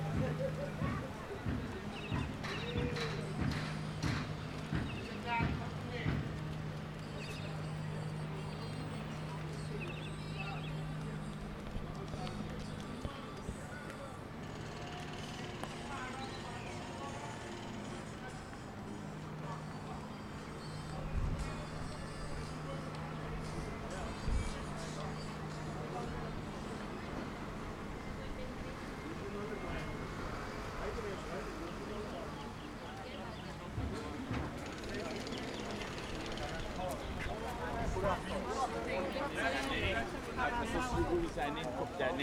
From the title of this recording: Walking Around Willemstad Curacao